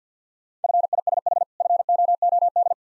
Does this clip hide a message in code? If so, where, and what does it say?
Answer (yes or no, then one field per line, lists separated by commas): yes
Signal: Morse code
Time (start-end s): 0.6-2.7 s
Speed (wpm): 50 wpm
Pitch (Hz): 700 Hz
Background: none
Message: FISH FOOD